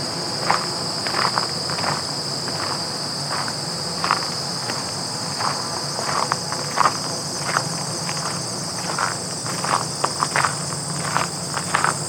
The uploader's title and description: Walking on Gravel with Whispers of Grasshoppers. The crisp sounds of walking on gravel and whispers of grasshoppers from this mid-September trek through the Highland Trails